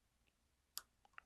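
A micrometer's ratchet thimble is turned to clamp a Flagman Sherman Pro New Generation fishing line for a diameter reading. In near silence, a sharp, bright ratchet click sounds at 0.8 s, with a fainter one at 1.2 s. The ratchet clicks at its setting, and the line is held fixed, measuring 0.165 mm as stated by the maker.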